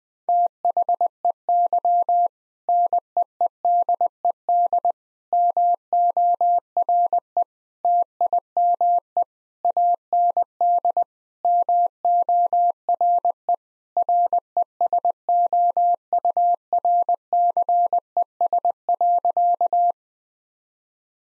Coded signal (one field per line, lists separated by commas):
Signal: Morse code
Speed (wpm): 20 wpm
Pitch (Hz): 700 Hz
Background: none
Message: THEY NEEDED MORE TIME AND MORE RESOURCES.